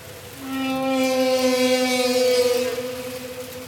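Humpback whale song unit: a sustained, slightly wavering tonal moan with many harmonics swells and then fades.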